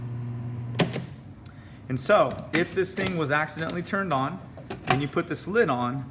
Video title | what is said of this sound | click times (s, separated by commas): Waring 2qt Food Processor setup and use | this has to be turned on counterclockwise you'll hear it snap into place and when that happens this will turn on | 0.8 s